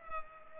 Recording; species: mosquito wingbeat signal from an infrared sensor; Culex pipiens